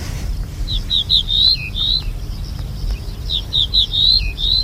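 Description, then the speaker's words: Ortolan Bunting song: a series of high whistled notes with a lower slurred ending, sung twice over low rumbling background noise. Male; Italian dialect of the song, from across the Alps; one of three distinct dialects. "Poursuivons notre voyage, traversons maintenant les Alpes cette fois et écoutons le zigolo"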